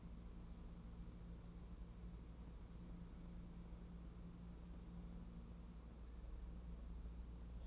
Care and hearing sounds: daily activity, microphone in the room; wipe stove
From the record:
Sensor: 1

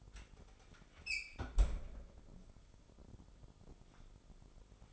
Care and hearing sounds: daily activity, microphone in the room; close fridge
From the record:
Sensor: 5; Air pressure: 988.6 hPa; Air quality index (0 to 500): 220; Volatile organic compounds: 129 ppm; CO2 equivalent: 3922 ppm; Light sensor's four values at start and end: 42/126/49/53 and 41/127/49/53

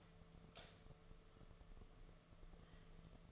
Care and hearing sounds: daily activity, microphone in the room; light on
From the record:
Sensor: 4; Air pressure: 1015.6 hPa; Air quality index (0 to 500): 184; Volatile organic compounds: 9 ppm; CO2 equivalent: 2125 ppm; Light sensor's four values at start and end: 21/49/21/22 and 22/52/22/24

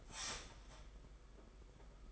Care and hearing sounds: daily activity, microphone in the room; start toaster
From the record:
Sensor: 5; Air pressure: 991.8 hPa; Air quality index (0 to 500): 168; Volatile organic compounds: 429 ppm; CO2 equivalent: 4718 ppm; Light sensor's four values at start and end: 33/110/41/44 and 33/110/41/44

